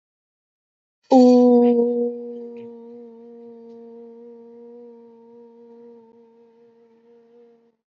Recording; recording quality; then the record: sustained vowel as in boot; excellent, no background noise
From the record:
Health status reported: healthy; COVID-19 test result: negative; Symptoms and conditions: none ticked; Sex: female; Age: 19 years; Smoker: not ticked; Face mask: not worn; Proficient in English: yes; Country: India